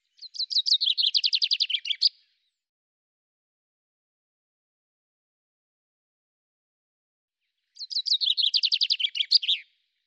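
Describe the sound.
Common chaffinch song: two bright, descending trilled phrases, each about two seconds long and ending in a quick flourish, repeated about seven seconds apart in otherwise quiet surroundings.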